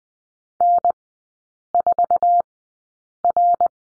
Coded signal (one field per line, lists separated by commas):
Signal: Morse code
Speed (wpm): 20 wpm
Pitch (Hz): 700 Hz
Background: none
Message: N4R